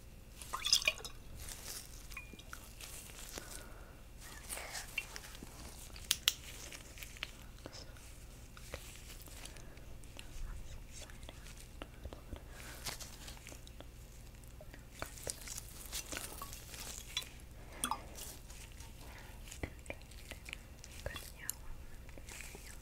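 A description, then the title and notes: Gloved hands handle and examine objects, making a busy run of soft rustles, crinkles and small taps. Sharper clicks stand out near the start and around six seconds, over a faint low hum. Inspecting & Examining Objects. Glove Sounds.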